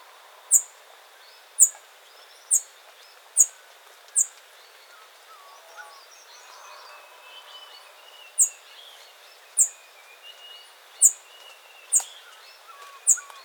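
Pale-headed brush finch calls: very high, thin, sharp notes given singly at irregular intervals, about ten in all.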